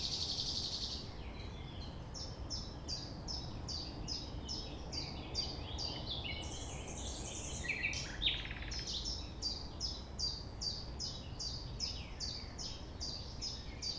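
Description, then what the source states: Common nightingale song: long runs of quick repeated high notes, broken by a short buzzy rattling phrase midway, over steady low rumbling background noise. Recorded at 6 A.M. at sunrise near the Thève, Champ de Ménage; the nightingale sings without waiting for silence.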